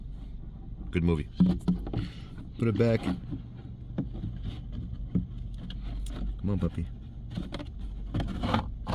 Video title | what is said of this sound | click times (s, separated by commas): How To Replace 2016-2022 Honda HR-V Cabin Air Filter. | There you go. Bye. See you later. Snap into place. | 8.5 s